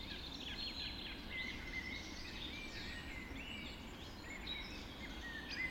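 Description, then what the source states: Birds: several singing together in a birds, whistled phrases and trilled notes overlapping steadily, with a faint low rumble beneath. Birds recorded just after dawn in the Forest of Dean.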